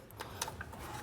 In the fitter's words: the map sensor in make sure it clicks in place get